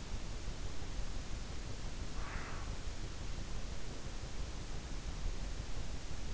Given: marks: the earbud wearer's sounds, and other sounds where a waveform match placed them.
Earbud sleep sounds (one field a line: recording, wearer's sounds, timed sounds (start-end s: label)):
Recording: sounds in sleep by an in-ear microphone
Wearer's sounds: breath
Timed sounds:
2.09-2.77 s: breath